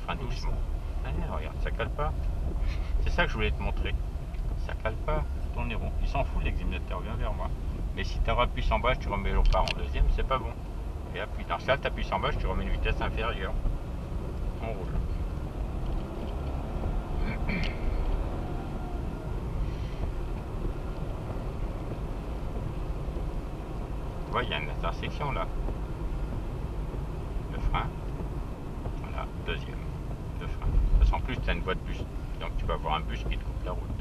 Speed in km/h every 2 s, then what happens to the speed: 17, 16, 17, 18, 22, 26, 31, 35, 42, 41, 43, 43, 42, 40, 35, 31, 25.
0-6 steady at about 17. 6-16 speeds up to 42. 16-26 steady at about 42. 26-34 slows to 25.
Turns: none.